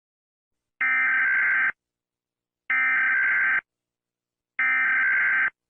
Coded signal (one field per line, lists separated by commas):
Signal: Emergency Alert System (SAME) tones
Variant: header bursts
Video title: EAS Scenario - The Happy Bear (Part 5) (collaboration with @pierosebastiani-eas )